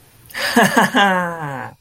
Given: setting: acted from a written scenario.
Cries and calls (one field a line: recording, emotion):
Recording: vocal sound without words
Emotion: triumph